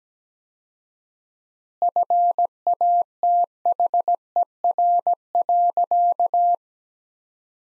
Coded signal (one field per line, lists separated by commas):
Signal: Morse code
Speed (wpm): 17 wpm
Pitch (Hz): 700 Hz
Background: none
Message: FATHER.